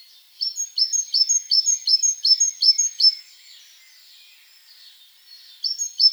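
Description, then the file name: Great tit calls: a fast run of sharp, high chipping notes, about ten in three seconds, then a pause and a brief resumption at the end. "Parus major"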